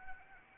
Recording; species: mosquito wingbeat signal from an infrared sensor; Anopheles arabiensis